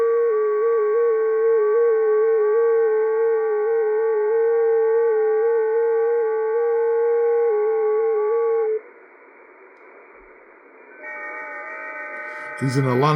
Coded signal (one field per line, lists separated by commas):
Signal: FT8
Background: speech